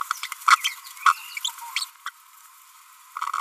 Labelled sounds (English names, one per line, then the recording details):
Green-rumped Parrotlet babbling
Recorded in a nest box in Venezuela
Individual 18B25A3